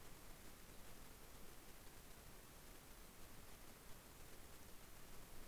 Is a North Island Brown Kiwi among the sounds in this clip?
no